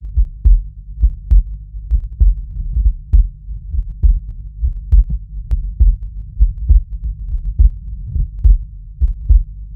Real Heartbeat Diy Stethoscope Recording.